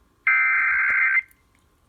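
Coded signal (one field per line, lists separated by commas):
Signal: Emergency Alert System (SAME) tones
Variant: header bursts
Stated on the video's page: Real EAS alerts during a Deep South tornado outbreak.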